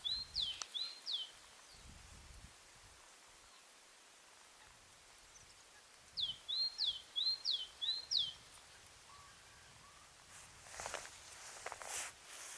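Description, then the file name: Great tit song: a short burst of high, clipped two-note phrases, then silence, then a second run of several repeated phrases, followed by brief rustling or hissing noise. "Parus major"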